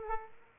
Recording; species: mosquito wingbeat signal from an infrared sensor; Aedes aegypti